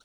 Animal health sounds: pig call; piglet (1 to 25 days)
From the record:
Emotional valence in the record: positive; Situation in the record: short reunion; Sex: female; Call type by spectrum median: high-frequency call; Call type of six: low-frequency tonal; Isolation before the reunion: 3 minutes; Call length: 0.04 s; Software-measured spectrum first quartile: 1264 Hz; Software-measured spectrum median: 3225 Hz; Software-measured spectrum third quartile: 5002 Hz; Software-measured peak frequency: 1366 Hz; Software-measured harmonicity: 3.5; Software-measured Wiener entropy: -1.38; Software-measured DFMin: 1181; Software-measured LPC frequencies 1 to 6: 789, 1405, 3123, 3866, 4235, 5741 Hz

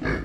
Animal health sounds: pig call; growing-finishing pig (85 days or more)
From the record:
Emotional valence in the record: negative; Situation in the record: barren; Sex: male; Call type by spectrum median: low-frequency call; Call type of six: low-frequency stable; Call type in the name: low-frequency stable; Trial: 2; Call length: 0.24 s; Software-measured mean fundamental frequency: 53 Hz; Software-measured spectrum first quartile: 216 Hz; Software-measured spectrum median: 560 Hz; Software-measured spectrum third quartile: 1611 Hz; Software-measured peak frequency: 263 Hz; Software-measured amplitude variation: 125 dB a second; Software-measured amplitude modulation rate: 24.7 a second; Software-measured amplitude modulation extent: 5.1 dB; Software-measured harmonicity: 2.2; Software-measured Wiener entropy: -1.64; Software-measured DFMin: 847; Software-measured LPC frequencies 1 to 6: 360, 1672, 2222, 3936, 4492, 5592 Hz

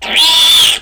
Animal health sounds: pig call; piglet (1 to 25 days)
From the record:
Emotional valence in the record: negative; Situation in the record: crushing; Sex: female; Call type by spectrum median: high-frequency call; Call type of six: mixed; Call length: 0.81 s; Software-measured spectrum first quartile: 3193 Hz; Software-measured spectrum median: 3608 Hz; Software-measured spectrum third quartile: 5741 Hz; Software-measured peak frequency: 3484 Hz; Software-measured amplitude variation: 80 dB a second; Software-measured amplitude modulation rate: 20.3 a second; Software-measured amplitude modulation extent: 3.9 dB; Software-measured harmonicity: 4.9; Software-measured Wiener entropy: -2.40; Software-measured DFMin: 848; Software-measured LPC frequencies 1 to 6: 935, 2416, 3024, 3475, 4099, 5652 Hz

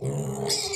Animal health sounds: pig call; weaner (32 to 43 days)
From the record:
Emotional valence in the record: negative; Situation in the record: novel object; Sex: female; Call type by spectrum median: high-frequency call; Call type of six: mixed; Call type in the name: high-frequency modulated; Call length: 0.76 s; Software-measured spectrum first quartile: 316 Hz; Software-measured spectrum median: 2277 Hz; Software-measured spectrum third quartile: 5780 Hz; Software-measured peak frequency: 412 Hz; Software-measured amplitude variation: 120 dB a second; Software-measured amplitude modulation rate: 22.4 a second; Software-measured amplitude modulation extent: 5.3 dB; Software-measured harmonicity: 6.9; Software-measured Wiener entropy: -4.42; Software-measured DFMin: 1123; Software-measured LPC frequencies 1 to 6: 441, 2259, 3669, 4354, 5007, 5627 Hz

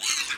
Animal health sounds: pig call; piglet (1 to 25 days)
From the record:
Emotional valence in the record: negative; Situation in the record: castration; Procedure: castration, cut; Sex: male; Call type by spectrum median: high-frequency call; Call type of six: high-frequency stable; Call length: 0.38 s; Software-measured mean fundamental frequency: 297 Hz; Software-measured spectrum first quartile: 2917 Hz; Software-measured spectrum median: 4358 Hz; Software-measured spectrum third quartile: 6634 Hz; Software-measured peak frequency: 2704 Hz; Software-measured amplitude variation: 128 dB a second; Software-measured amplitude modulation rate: 17.2 a second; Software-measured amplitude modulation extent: 7.4 dB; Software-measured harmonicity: 0.8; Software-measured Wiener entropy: -1.64

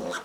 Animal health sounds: pig call; piglet (1 to 25 days)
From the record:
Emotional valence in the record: negative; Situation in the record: missed nursing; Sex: male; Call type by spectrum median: low-frequency call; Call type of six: high-frequency stable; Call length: 0.24 s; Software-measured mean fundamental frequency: 281 Hz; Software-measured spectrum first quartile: 489 Hz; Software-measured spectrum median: 1030 Hz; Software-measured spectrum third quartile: 2134 Hz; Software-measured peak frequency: 531 Hz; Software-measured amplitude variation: 117 dB a second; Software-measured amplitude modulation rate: 18.6 a second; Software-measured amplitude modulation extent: 6.3 dB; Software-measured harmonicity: 1.9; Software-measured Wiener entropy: -1.57

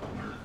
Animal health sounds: pig call; growing-finishing pig (85 days or more)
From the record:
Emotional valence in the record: positive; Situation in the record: run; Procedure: transit

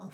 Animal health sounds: pig call; piglet (1 to 25 days)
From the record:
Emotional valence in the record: negative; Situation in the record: short isolation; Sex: male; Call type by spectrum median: low-frequency call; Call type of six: low-frequency tonal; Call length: 0.14 s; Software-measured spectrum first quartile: 190 Hz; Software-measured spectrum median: 382 Hz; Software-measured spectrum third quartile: 1367 Hz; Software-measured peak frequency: 189 Hz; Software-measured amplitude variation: 166 dB a second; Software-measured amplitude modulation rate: 13.9 a second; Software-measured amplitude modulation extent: 12.0 dB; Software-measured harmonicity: 4.2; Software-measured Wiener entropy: -1.04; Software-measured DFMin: 912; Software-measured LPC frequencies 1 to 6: 1023, 2237, 3054, 3900, 4811, 5664 Hz

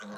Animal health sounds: pig call; piglet (1 to 25 days)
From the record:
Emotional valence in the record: negative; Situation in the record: short isolation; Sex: male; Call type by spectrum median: low-frequency call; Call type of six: mixed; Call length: 0.18 s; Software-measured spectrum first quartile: 304 Hz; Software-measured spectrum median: 760 Hz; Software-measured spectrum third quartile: 1737 Hz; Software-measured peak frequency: 521 Hz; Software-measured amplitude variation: 29 dB a second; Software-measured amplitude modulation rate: 17.0 a second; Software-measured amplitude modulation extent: 1.7 dB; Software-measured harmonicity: 1.9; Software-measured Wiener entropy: -0.89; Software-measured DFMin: 589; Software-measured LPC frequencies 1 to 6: 1450, 3164, 3868, 5590, 6300, 7508 Hz

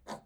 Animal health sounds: pig call; piglet (1 to 25 days)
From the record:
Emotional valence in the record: negative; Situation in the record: restrain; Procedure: back test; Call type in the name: low-frequency call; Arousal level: low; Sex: male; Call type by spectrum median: low-frequency call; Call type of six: low-frequency stable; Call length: 0.26 s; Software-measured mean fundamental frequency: 57 Hz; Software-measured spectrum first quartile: 512 Hz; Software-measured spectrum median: 925 Hz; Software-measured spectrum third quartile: 2092 Hz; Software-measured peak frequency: 570 Hz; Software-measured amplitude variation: 227 dB a second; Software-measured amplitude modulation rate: 9.6 a second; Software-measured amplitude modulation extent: 23.5 dB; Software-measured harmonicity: -1.4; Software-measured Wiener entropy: -1.74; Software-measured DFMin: 1320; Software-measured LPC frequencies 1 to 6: 780, 1839, 3600, 4617, 6804, 8058 Hz

